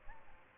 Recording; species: mosquito wingbeat signal from an infrared sensor; Aedes albopictus